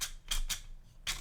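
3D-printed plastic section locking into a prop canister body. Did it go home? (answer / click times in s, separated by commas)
no / none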